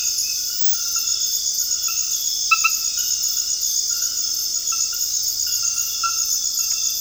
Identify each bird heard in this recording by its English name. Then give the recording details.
none. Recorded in dense forest near Puerto Asís, Putumayo, Colombia, on 18 February 2024 at 00:30. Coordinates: 0.485, -76.318. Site G6408